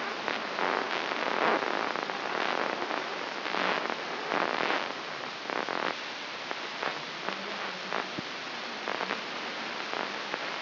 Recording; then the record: brain microelectrode recording played as sound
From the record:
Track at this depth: inside the subthalamic nucleus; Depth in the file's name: 5.911 mm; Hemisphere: left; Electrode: 3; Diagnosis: Parkinson's disease